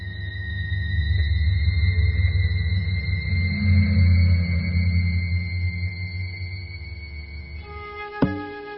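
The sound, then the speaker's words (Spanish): A steady low roar of an airplane's jet engines as it lands, with thin high whining tones above it, swelling slightly midway, then easing off and ending with a short sharp thump. “Bueno, Ismael, ya hemos aterrizado, ya estamos aquí.”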